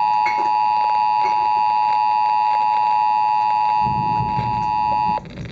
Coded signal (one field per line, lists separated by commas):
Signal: Emergency Alert System (SAME) tones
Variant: 853 and 960 Hz attention tone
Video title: Real AM/FM Radio EAS Alert #4